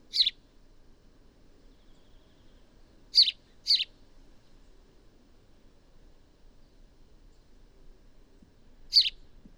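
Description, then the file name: House sparrow calling with four loud, abrupt chirps, a quick pair in the middle and single notes at start and end, otherwise quiet low rumble. "Passer domesticus"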